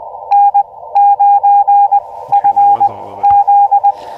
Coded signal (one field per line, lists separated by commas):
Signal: Morse code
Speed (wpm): 21 wpm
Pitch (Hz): 810 Hz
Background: radio noise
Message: N9FZ